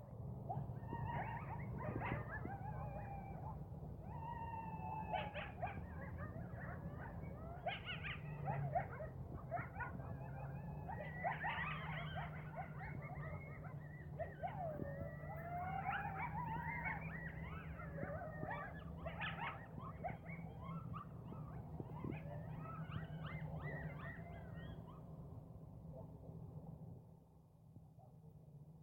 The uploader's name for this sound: Coyotes in my yard